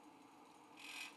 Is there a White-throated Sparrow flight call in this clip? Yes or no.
no